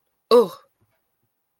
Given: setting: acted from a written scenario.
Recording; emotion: vocal sound without words; negative surprise